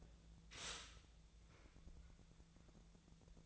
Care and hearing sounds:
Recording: daily activity, microphone in the room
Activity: stop toaster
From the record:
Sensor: 3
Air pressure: 1000.2 hPa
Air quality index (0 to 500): 154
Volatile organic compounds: 3 ppm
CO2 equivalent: 1360 ppm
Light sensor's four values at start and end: 37/95/40/43 and 37/95/40/43

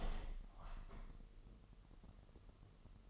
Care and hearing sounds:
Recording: daily activity, microphone in the room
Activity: open window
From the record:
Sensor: 4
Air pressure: 1000.8 hPa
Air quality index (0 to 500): 243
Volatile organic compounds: 40 ppm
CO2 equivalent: 3152 ppm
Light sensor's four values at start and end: 9/20/8/7 and 9/20/8/7

